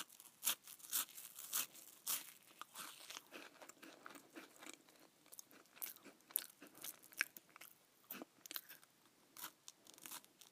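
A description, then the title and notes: Someone eats crackers, each bite and chew a sharp, bright crunch. The crunches come in quick, irregular bursts throughout, some louder snaps standing out, with brief near-silent gaps between them and no other sounds. ASMR Eating Crackers.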